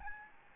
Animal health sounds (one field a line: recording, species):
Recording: mosquito wingbeat signal from an infrared sensor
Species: Aedes albopictus